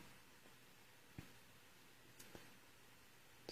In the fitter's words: then we'll you'll hear a little click each time that you get it in the right spot